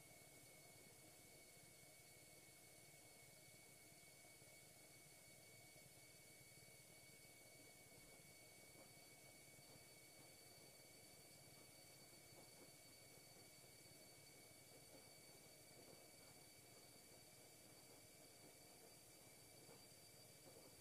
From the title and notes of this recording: Laundry Washing Machine White Noise. The sound of a laundry washing machine as it washes away the dirt and grime of your clothes. The sound of a white noise hum.